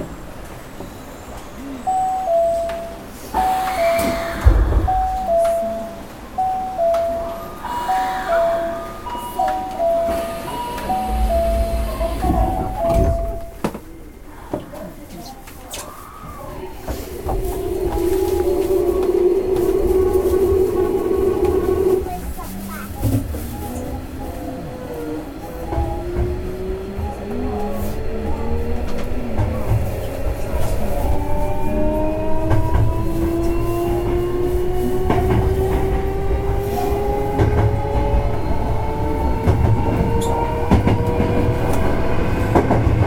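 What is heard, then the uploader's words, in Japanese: A train running. For the first fourteen seconds a two-note chime repeats over a low rumble, then a steady hum sounds briefly. From about twenty-two seconds the motor whine rises steadily in pitch as the train gathers speed, with rattling throughout. 阪急電鉄1000系電車の走行音です。神戸線の特急列車にて収録しました。区間は、梅田から西宮北口までです。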